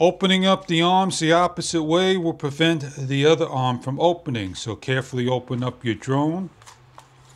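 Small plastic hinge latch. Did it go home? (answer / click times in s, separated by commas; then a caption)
yes / 7.0 s. Someone talks while unfolding a folding arm of a plastic WeFone WF30 GPS drone into its open locked position on the drone body. A single sharp snap is heard at 7.0 s as the arm locks into place.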